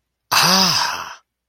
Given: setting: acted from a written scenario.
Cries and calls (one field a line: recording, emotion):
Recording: vocal sound without words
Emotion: realization